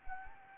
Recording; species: mosquito wingbeat signal from an infrared sensor; Anopheles gambiae